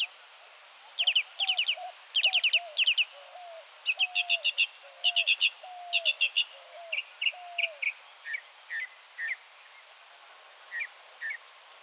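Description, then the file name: Northern mockingbird song: varied phrases, each note repeated three or four times in quick bursts, shifting through chattering, buzzy and sliding notes, with a lower whistled note beneath. "Northern Mockingbird - Mimus polyglottos"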